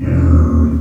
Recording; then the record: squeal of a Yucatan mini pig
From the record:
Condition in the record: after surgery on the right vocal fold (resection and tissue-engineered implant); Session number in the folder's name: 11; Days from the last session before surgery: 98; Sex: female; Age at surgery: 19 weeks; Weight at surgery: 25 kg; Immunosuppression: prednisolone